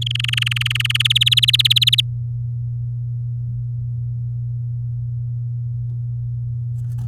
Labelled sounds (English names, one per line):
Domestic Canary song